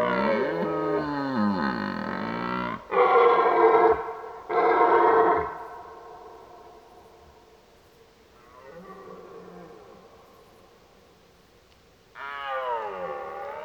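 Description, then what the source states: Red deer roaring in deep, harmonic bellows, a long groaning bout followed by two short forceful blasts, a quieter moan, then another roar starting. Roaring during the rut while driving the herd.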